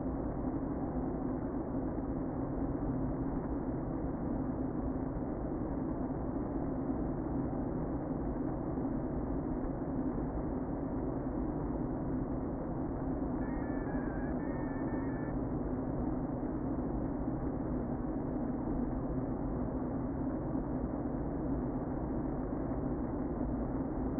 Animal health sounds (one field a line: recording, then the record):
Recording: honeybee colony, microphone inside the hive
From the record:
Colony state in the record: queen present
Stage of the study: before two queens were removed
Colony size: about 60,000 bees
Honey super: yes